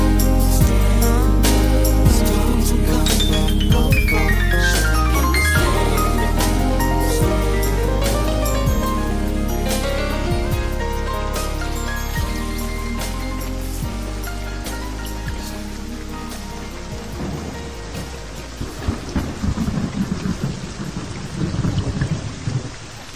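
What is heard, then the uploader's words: Smooth jazz plays with a steady low bass line, held chords and a sliding melody, fairly dense and even for most of the clip. After about seventeen seconds the music thins and fades, leaving a rough, hissing rain sound with low rumbles underneath. Smooth Jazz & Rain.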